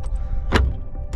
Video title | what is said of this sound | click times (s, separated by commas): Sailing with the ePropulsion Spirit 1.0 Evo electric outboard! | that's the sound you want | 0.6 s